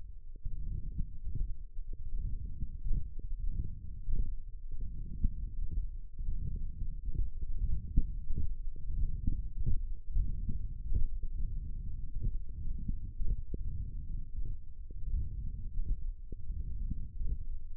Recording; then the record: forearm muscle sounds (acoustic myography)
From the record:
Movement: hand closing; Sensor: system 1, eight BSWA MPA416 microphones around the upper forearm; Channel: 2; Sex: male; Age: 21 years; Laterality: right